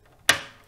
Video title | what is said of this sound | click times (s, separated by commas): Lian Li TU150 Mini-ITX Step-by-Step PC Build Guide | and it should push and lock into place | 0.3 s